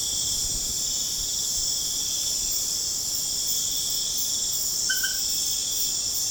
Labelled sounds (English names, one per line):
none